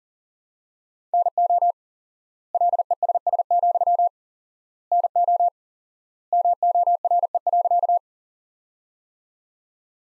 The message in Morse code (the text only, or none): NO LESS, NO MORE.